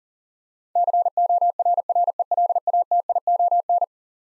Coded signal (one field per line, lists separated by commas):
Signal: Morse code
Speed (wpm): 40 wpm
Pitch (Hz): 700 Hz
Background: none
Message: CORRELATION